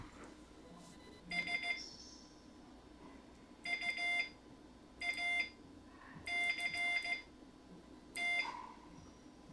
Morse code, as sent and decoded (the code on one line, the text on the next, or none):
... / ..- .- -.-. -
S UACT